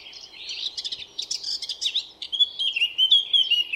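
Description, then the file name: Eurasian blackcap song, a fast scratchy twittering warble that ends in clearer whistled notes. "Sylvia atricapilla"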